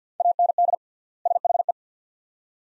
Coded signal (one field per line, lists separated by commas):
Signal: Morse code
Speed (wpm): 50 wpm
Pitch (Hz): 700 Hz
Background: none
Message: AND SHE